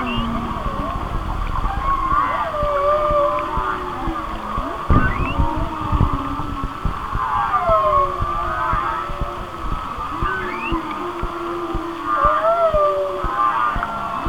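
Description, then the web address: Whale song: varied moans and upsweeps continuing throughout, with a low rumble and a loud thump near the middle over steady hiss. "Natures Songs Whale Songs Whale Songs- Mike Mc Donald"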